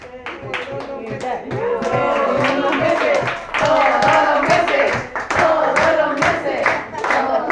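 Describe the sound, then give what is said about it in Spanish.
An audience at an 8M payadoras gathering claps steadily in a loud, even rhythm for several seconds for a performing group, with voices cheering and calling out over the clapping throughout. “Un aplauso para el drama por luz.”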